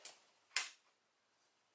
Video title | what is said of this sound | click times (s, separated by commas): Joovy Qool Stroller Review and How To // Single, Double, and Triple Configurations | it does have a Safety Lock and you'll hear it click | 0.6 s